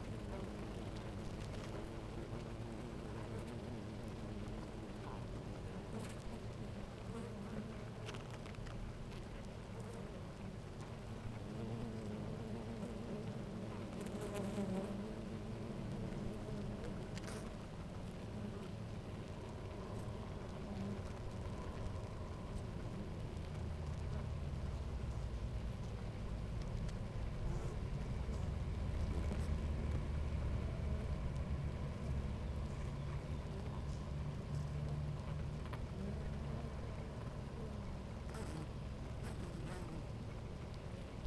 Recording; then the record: honeybee colony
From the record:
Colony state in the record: active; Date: 28 July 2017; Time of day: 10:33